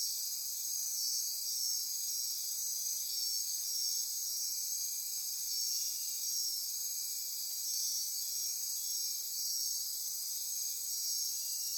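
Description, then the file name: Insect chorus, a steady high-pitched buzzing drone with overlapping trills, even in loudness from start to end. Insect chorus at midnight near Corcovado. "Wind-is-the-Original-Radio-Fridays 20240628 Andy-Martin Midnight-Insect-Chorus-Near-Corcovado"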